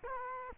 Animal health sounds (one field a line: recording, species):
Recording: mosquito wingbeat signal from an infrared sensor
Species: Culex quinquefasciatus